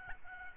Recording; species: mosquito wingbeat signal from an infrared sensor; Aedes albopictus